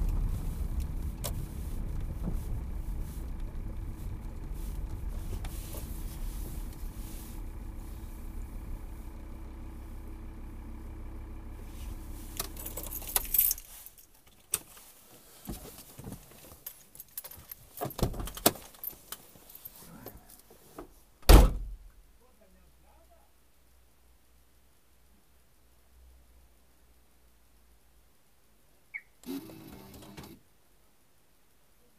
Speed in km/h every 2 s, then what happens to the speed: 17, 13, 9, 7, 4, 0, 0, 0, 0, 0, 0, 0, 0, 0, 0, 4.
0-9 slows to 0. 9-29 standing.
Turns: none.